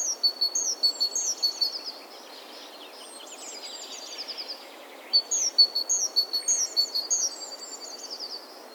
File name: Parus major